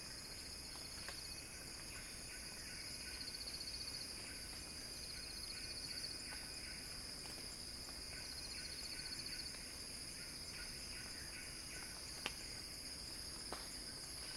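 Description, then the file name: Cicada song, a shrill continuous buzz with rapid pulsing bursts and two sharp clicks near the end. Cicada song building as a crescendo. "earth-fm Axel-Drioli Cicada-Crescendo-Sounding-Wild"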